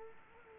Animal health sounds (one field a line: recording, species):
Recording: mosquito wingbeat signal from an infrared sensor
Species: Culex quinquefasciatus